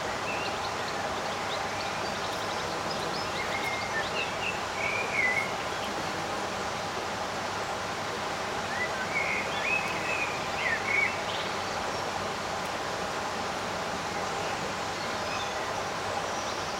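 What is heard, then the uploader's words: Birds sing in short chirping phrases, clustered around five seconds and again between nine and eleven seconds, with scattered calls elsewhere. A steady, dense rumble fills the background throughout, holding the overall level almost constant beneath the birdsong. Experience the magic of an almost windless summer day. Birds sing their sweet melodies.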